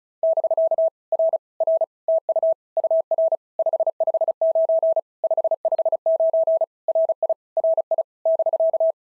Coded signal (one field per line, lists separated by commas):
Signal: Morse code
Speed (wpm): 33 wpm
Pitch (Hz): 660 Hz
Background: none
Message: <BK> R R TU UR 559 559 RI RI <BK>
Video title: POTA QSO Practice - 35wpm